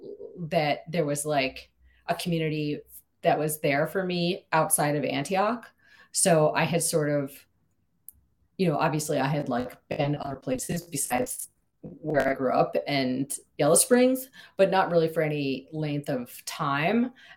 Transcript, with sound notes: that there was like, a community that was there for me outside of Antioch, so I had sort of, you know, obviously I had like, [audio distortion] been like other places besides where I grew up and Yellow Springs, but not really for any length of time.